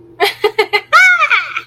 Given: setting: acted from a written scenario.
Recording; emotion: vocal sound without words; positive surprise